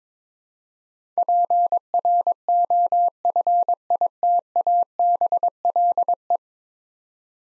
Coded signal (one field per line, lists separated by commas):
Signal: Morse code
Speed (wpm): 22 wpm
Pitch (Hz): 700 Hz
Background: none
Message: PROFITABLE